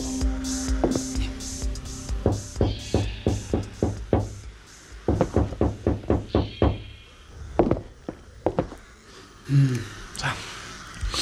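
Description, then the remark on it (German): Several bursts of rapid, sharp knocking on a glass front door from a veranda on a sunny morning, each a quick string of hard raps, with brief pauses between the rounds over a low background hum. “klopfte an die verglaste Eingangstür.”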